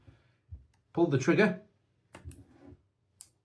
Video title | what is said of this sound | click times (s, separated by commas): Hasselblad X2D II Unboxing Video | You just hear that little click and it comes out. | 3.2 s